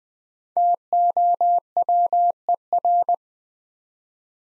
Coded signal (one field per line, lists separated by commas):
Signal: Morse code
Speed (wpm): 21 wpm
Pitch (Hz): 700 Hz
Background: none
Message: TOWER